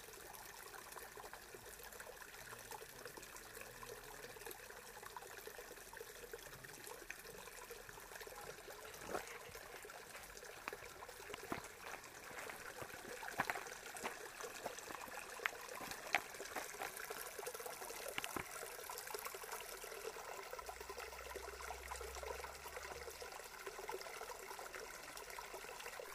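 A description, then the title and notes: A slow mountain stream runs steadily, a dense bright trickle with scattered splashes and a brief low rumble near twenty seconds. Here are two short recordings of a couple mountain streams from our hikes. My wife and I did some hiking in the Rocky Mountains in Colorado this week. The first was a fairly slow running stream.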